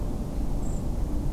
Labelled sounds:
Common Blackbird (Turdus merula)
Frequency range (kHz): Common Blackbird (Turdus merula) 6.9-9.2 kHz
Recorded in France

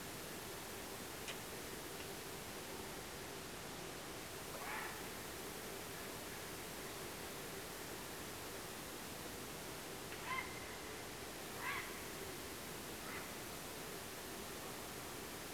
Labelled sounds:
Grey Heron (Ardea cinerea)
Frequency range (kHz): Grey Heron (Ardea cinerea) 0.4-3.9 kHz
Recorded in France

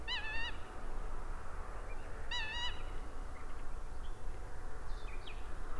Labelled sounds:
Eurasian Coot (Fulica atra), Common Nightingale (Luscinia megarhynchos), Cetti's Warbler (Cettia cetti)
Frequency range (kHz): Eurasian Coot (Fulica atra) 0.8-8.2 kHz; Common Nightingale (Luscinia megarhynchos) 1.9-3.7 kHz; Cetti's Warbler (Cettia cetti) 3.4-6.1 kHz
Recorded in France

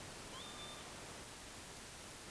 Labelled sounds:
Northern Lapwing (Vanellus vanellus)
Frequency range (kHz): Northern Lapwing (Vanellus vanellus) 0.9-4.6 kHz
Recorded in France

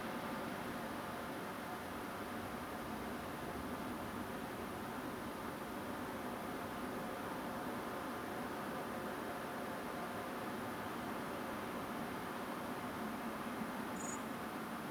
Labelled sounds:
Common Blackbird (Turdus merula)
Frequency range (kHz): Common Blackbird (Turdus merula) 6.7-9.3 kHz
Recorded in France

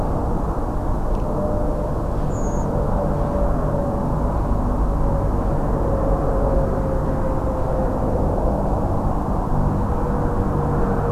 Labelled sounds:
Redwing (Turdus iliacus)
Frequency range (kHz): Redwing (Turdus iliacus) 5.8-7.6 kHz
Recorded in France

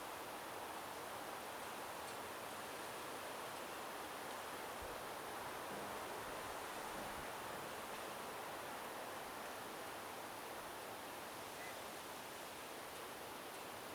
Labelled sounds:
Mallard (Anas platyrhynchos)
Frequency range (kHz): Mallard (Anas platyrhynchos) 1.5-2.6 kHz
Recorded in France

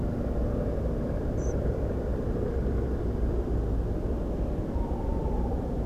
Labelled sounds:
European Pied Flycatcher (Ficedula hypoleuca)
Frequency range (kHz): European Pied Flycatcher (Ficedula hypoleuca) 5.6-8.5 kHz
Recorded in France

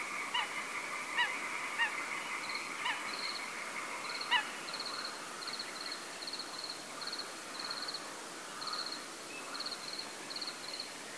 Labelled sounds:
Eurasian Coot (Fulica atra), crickets, frogs, unidentified sound
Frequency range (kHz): Eurasian Coot (Fulica atra) 0.8-5.1 kHz
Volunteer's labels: Autre biophonie grillons; Autre biophonie grenouilles
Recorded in France

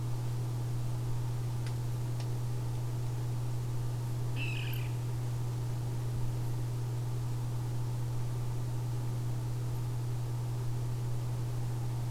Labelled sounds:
unidentified sound, Water Rail (Rallus aquaticus), unidentified animal sound
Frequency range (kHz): Water Rail (Rallus aquaticus) 1.5-8.0 kHz
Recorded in France

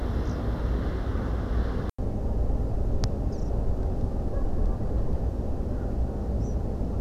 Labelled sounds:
European Pied Flycatcher (Ficedula hypoleuca)
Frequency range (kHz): European Pied Flycatcher (Ficedula hypoleuca) 4.1-8.3 kHz
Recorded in France

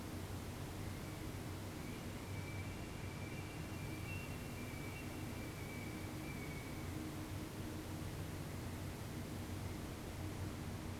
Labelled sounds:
Eurasian Stone-curlew (Burhinus oedicnemus), man-made sound
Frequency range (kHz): Eurasian Stone-curlew (Burhinus oedicnemus) 2.0-2.9 kHz
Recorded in France

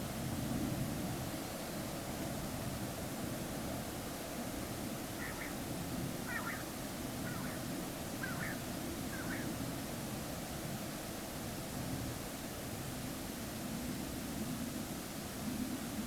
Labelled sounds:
Common Quail (Coturnix coturnix)
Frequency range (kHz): Common Quail (Coturnix coturnix) 0.8-2.7 kHz
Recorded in France

